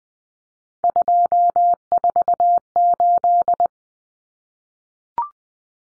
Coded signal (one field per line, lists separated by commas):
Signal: Morse code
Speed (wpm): 20 wpm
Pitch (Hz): 700 Hz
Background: none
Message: 248